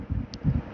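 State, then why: Seated. A spade-type wire connector is pushed back onto the terminal of a hydraulic brake light switch on a hotrod. It gives a short, sharp click at 0.3 s over low rumbling background noise, and the connector is seated.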